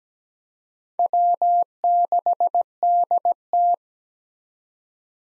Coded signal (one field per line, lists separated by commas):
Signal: Morse code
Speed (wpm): 17 wpm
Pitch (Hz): 700 Hz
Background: none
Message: W6DT